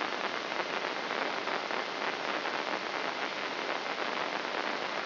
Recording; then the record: brain microelectrode recording played as sound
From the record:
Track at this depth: outside the subthalamic nucleus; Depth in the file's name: 2.337 mm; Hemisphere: left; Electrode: 3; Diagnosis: Parkinson's disease